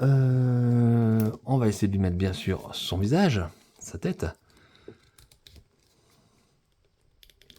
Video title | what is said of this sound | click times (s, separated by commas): Chronique n°276 : Masters of the universe/Cosmocats : Skell-Ra. | Ouais, ça clipse. | 7.5 s